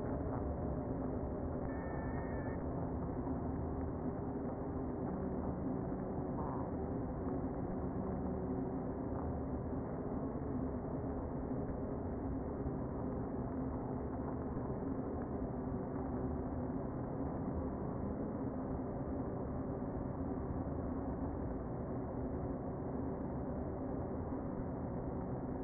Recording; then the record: honeybee colony, microphone inside the hive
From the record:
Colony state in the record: queen present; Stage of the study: before two queens were removed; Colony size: about 60,000 bees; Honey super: yes